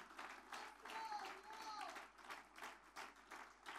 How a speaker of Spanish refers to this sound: Puedes disfrutar un fuerte, pero fuerte aplauso de alabanza al que vive y reina para siempre. Amén.